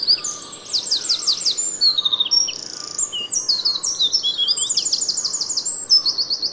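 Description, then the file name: Eurasian wren singing a loud, hurried outpouring of high metallic notes and fast rattling trills, continuous from start to finish, with only soft background noise. "Troglodytes troglodytes"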